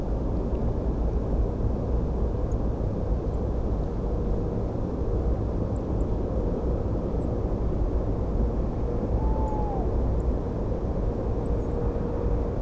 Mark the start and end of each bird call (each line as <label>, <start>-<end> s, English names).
Song Thrush, 2.51-2.54 s
Song Thrush, 3.33-3.36 s
Song Thrush, 4.34-4.37 s
Song Thrush, 5.75-6.03 s
European Robin, 7.15-7.26 s
Tawny Owl, 9.17-9.85 s
European Robin, 9.46-9.57 s
Song Thrush, 10.19-10.22 s
Song Thrush, 11.44-11.48 s
European Robin, 11.59-11.69 s